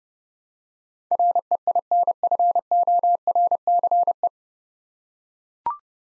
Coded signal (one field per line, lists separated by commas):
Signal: Morse code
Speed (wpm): 30 wpm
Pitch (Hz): 700 Hz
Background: none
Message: REINFORCE